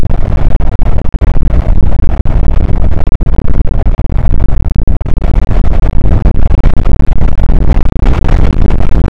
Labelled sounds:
wind

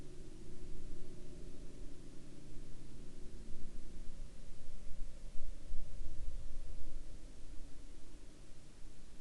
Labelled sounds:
man-made sound

